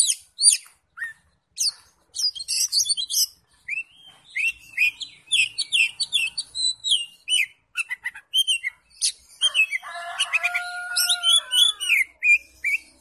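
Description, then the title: Oriental magpie-robin singing a long, varied medley of whistles, chips and quick trills, with a short steady whistled tone near the end. "Kacer"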